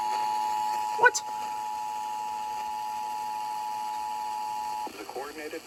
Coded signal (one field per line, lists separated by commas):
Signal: Emergency Alert System (SAME) tones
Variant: 853 and 960 Hz attention tone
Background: speech